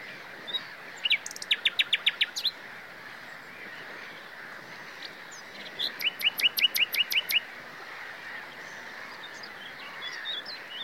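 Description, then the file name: Common nightingale song: two bursts of rapid, evenly repeated sharp notes separated by a quiet gap, with soft chirps between. "Luscinia megarhynchos"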